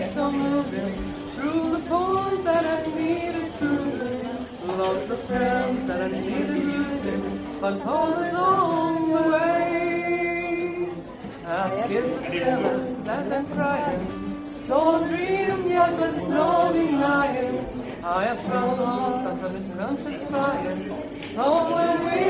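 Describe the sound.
A lively bar atmosphere with dense, overlapping voices talking at once, a mix of women and men speaking over each other without pause. The chatter stays busy and fairly loud throughout, with one voice rising briefly in a sustained, sung-like tone around the middle.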